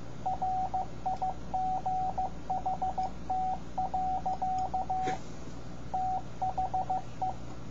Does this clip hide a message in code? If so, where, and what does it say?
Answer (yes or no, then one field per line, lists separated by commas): yes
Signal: Morse code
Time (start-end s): 0.3-7.3 s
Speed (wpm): 15 wpm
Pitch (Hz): 750 Hz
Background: radio noise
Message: RIGHT. THE